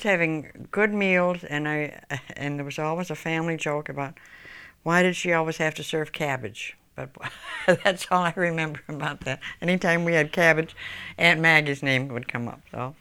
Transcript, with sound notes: Just having good meals and I, there was always a family joke about why did she always have to serve cabbage. (she laughs) That's all I remember about that. Any time we had cabbage, Aunt Maggie's name would come up, so...